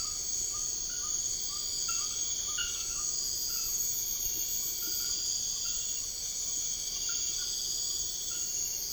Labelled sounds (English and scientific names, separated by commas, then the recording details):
none
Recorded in secondary vegetation near Puerto Asís, Putumayo, Colombia, on 13 March 2025 at 01:30
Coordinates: 0.488, -76.319
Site G095